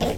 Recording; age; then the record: pig call; piglet (1 to 25 days)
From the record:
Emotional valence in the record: negative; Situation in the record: crushing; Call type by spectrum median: low-frequency call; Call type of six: low-frequency tonal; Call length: 0.18 s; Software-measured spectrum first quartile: 301 Hz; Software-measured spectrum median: 594 Hz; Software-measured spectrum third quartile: 1438 Hz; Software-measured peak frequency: 459 Hz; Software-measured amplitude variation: 95 dB a second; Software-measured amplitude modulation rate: 13.9 a second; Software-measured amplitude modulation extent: 6.9 dB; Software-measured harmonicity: 1.2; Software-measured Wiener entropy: -1.73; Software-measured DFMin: 615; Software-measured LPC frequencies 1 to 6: 601, 2025, 2806, 3422, 5102, 5742 Hz